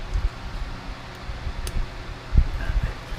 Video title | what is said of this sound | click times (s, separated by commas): Inner CV Boot Replacement | just squeeze it and it'll pop open | 1.7 s